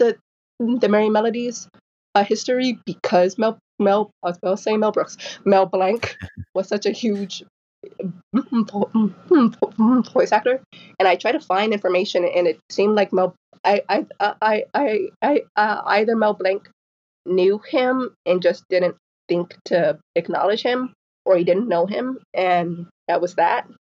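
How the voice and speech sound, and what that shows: A woman speaks conversationally with clear part-word and whole-word repetitions, such as a run of repeated "I" and a repeated name, plus stretched sounds and one long silent block. This is developmental stuttering in an adult woman who stutters.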